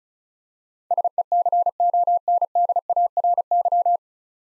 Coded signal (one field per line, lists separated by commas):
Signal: Morse code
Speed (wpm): 34 wpm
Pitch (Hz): 700 Hz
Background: none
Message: SECONDARY